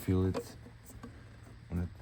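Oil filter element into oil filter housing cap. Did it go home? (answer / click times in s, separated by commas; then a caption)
no / none. A new paper oil filter element is handled against the plastic oil filter housing cap of a BMW 320d (B47, F30) during an oil change, as someone talks at the start and again near the end. Between the words there are only faint, quiet handling sounds, and the element has not seated or popped into the cap yet.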